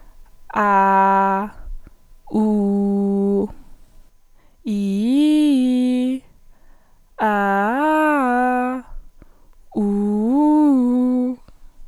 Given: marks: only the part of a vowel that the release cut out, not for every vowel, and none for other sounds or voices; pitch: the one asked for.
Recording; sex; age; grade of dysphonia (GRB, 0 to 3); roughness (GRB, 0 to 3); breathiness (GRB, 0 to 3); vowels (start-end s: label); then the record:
sustained vowels; female; 18 to 19 years; 0; 0; 0
0.65-1.34 s: vowel /a/, low pitch
2.41-3.34 s: vowel /u/, low pitch
4.73-6.09 s: vowel /i/, low-high-low pitch
7.27-8.66 s: vowel /a/, low-high-low pitch
10.33-11.26 s: vowel /u/, low-high-low pitch
From the record:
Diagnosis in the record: healthy voice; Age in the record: 19 years